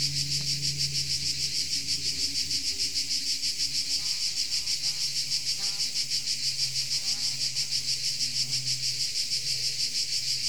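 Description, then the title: Insects produce a continuous high pulsing buzz while a low droning hum and some faint chirps sound underneath. Insects recorded in Tuscany. "Under Tuscan Bugs"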